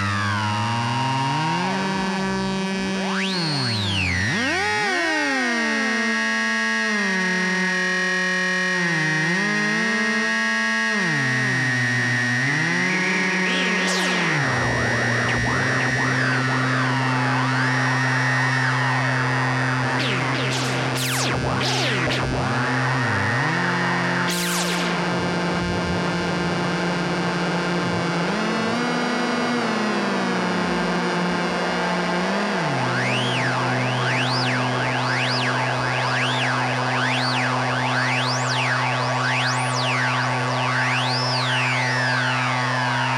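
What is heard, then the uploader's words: Live guitar-pedal noise: droning synth tones bend and step in pitch, with whistling sweeps, sudden shrieking bursts near the middle, and rippling delay. Guitar pedals performed live. Knob tweaking, self-oscillating filters, FM synthesis, and delay in glorious monophonic wav files. Moog MF-101 Lowpass Filter Moog MF-107 FreqBox Digitech RP-355 (reverb, delay, looping).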